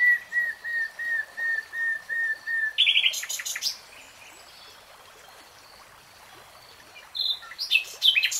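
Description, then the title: Nightingale song opening with a series of soft, pure piping notes repeated about three times a second, then a sudden harsh burst, a pause, and another rich phrase. Real-time recording. "[Tiếng chim hót] REALTIME Nightingale Singing"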